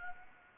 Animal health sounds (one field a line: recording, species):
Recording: mosquito wingbeat signal from an infrared sensor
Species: Anopheles gambiae